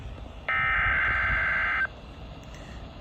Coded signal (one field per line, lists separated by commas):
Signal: Emergency Alert System (SAME) tones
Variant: header bursts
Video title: (EAS #414) Tornado Watch #120